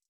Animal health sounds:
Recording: hydrophone in a shrimp aquaculture tank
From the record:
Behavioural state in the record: stressed

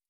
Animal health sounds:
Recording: hydrophone in a shrimp aquaculture tank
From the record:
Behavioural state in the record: stressed

